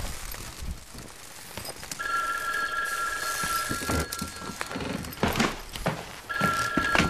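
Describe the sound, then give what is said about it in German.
A telephone rings twice, each ring a steady, high electronic trill lasting a couple of seconds, with soft clunks and rustling in the background between rings. “Justus bewachte das Telefon.”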